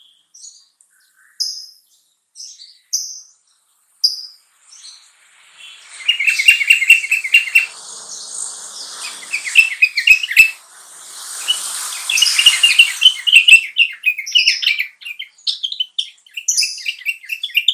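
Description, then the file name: Bulbul song, spaced high chirps repeated about every second, then a long rapid stream of dense chattering notes. "suara kutilang trucukan"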